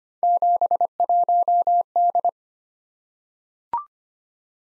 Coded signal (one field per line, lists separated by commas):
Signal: Morse code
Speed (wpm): 25 wpm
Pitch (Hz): 700 Hz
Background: none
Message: 71D